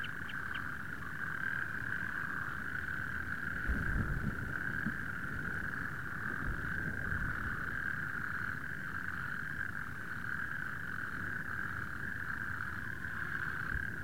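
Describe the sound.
Natterjack toads in chorus, a steady overlapping rattling trill held without a break throughout, with a low background rumble beneath.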